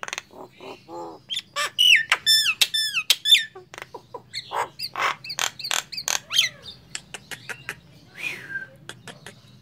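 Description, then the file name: Nias hill myna singing a varied mix of clicks, squeaky notes and bright downward whistles, starting quiet, growing louder, then trailing off. "suara jalak nias"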